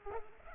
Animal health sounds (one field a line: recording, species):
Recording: mosquito wingbeat signal from an infrared sensor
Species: Culex pipiens